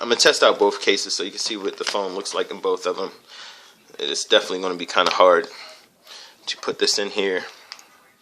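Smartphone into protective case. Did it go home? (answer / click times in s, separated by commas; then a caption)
no / none. Someone talks while starting to press a Galaxy Note 2 smartphone into a hard protective case, noting it will be hard to fit. Two brief handling ticks occur near 7.7 and 7.8 seconds, but the phone has not yet snapped or seated into the case by the end.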